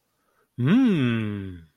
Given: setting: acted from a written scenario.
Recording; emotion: vocal sound without words; triumph